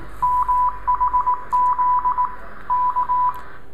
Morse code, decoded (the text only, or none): MHZ K